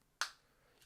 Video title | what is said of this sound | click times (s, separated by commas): Ford Fusion Key Fob Battery Replacement (2018–2020) - CR2450 Easy DIY Guide | You can hear it snap. | 0.2 s